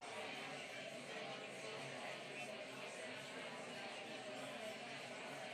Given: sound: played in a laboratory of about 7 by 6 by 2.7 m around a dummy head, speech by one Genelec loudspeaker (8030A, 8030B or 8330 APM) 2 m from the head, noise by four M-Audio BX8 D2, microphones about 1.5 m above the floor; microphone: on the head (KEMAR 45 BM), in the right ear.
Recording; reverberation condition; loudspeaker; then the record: babble noise; medium; four, about 170 cm from the corners of the room and facing them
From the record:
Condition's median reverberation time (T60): about 510 ms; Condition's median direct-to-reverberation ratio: about -0.5 dB